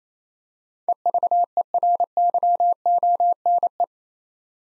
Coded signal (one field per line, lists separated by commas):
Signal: Morse code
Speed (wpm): 27 wpm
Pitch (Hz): 700 Hz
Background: none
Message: EVERYONE